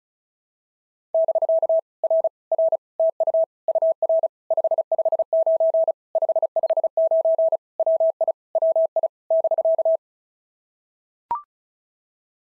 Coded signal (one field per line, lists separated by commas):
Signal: Morse code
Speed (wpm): 36 wpm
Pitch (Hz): 650 Hz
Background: none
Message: <BK> R R TU UR 559 559 WI WI <BK>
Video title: POTA QSO Practice - 35wpm